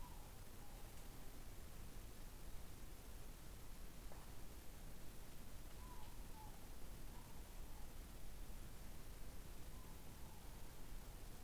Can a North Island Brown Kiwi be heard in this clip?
no